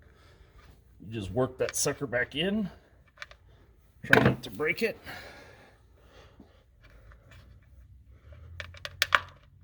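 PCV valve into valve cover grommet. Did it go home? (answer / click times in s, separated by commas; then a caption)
yes / 9.0 s. A new PCV valve is worked back into its rubber grommet on the valve cover of a 5.2L engine while someone talks. A few small clicks lead into a sharp pop at 9.0 s as the valve seats in the grommet.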